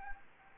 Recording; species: mosquito wingbeat signal from an infrared sensor; Anopheles gambiae